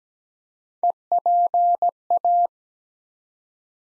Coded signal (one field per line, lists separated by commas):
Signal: Morse code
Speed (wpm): 17 wpm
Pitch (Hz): 700 Hz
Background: none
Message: EPA